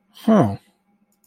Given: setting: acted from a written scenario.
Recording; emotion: vocal sound without words; realization